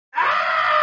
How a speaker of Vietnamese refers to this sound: Nhưng lúc Lâm Dị ngồi dậy, lại có tiếng bên cách vách. Thậm chí cậu còn nghe được một tiếng kêu thảm thiết.